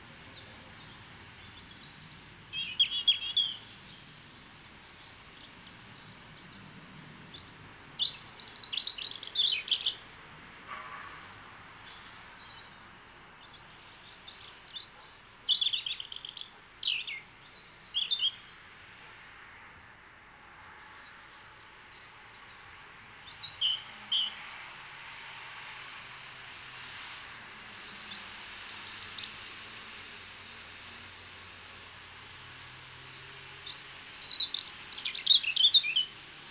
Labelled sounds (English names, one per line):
European Robin song